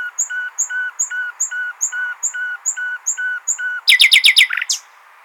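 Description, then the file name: Common nightingale song opening with a slow run of about ten piping notes, then ending in a rapid, loud burst of rattling notes. "Luscinia megarhynchos"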